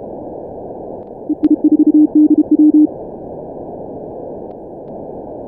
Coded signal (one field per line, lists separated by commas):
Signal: Morse code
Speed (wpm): 32 wpm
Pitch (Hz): 300 Hz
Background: none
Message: EI4DW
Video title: Good run 48q in 10 Min Morse Runner/Dxlog.net